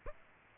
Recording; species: mosquito wingbeat signal from an infrared sensor; Aedes aegypti